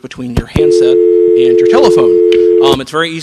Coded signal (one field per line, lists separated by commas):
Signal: telephone call progress tone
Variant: North America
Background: speech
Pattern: dial tone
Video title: HOPE Number Six: Phone Phreaking 101